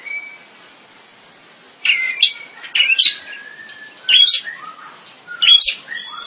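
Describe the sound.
Bird song: a soft whistled note, then a few short phrases of bright chirps and slurred whistles.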